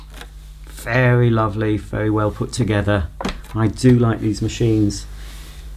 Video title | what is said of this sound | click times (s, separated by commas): Sebo Felix Vogue Upright Vacuum Cleaner Unboxing & First Look | motor unit to the ET1, you just slide it in until it clicks. Very | 0.2 s